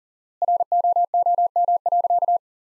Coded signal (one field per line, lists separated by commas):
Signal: Morse code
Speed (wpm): 40 wpm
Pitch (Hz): 700 Hz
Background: none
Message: ROOM.